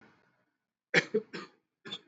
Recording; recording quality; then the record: shallow voluntary cough; excellent, no background noise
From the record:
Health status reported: exposed to COVID-19, no respiratory illness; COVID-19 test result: not tested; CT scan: not taken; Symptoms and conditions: cold, fever, another respiratory illness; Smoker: yes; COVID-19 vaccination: both doses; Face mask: worn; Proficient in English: yes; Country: India